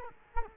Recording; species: mosquito wingbeat signal from an infrared sensor; Culex quinquefasciatus